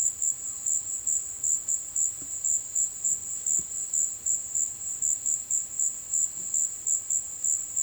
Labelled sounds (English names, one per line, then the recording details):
none
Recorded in dense forest near Puerto Asís, Putumayo, Colombia, on 20 February 2024 at 15:00
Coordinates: 0.505, -76.324
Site G6467